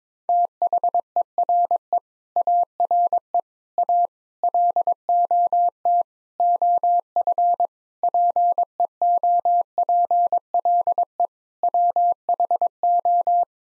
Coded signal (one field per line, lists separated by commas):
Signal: Morse code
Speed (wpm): 22 wpm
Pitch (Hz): 700 Hz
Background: none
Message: THERE ARE A LOT OF PEOPLE WHO